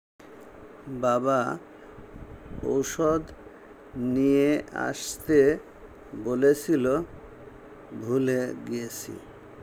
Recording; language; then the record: elicited speech; Bengali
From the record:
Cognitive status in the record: dementia